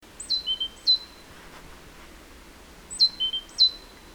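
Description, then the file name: Great tit calling with high, thin notes that slide downward, given in two quick bursts of three or four notes about two seconds apart. "Parus major"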